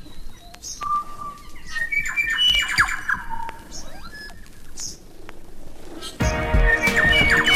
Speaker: It's not surprising that Maori mythology describes Korimako, the bellbird, as the messenger of Tane, sent to herald the coming of the sun.